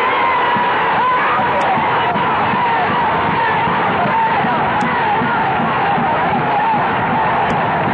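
A large crowd shouts and yells without pause, a loud, dense roar of many voices with individual cries rising and falling throughout.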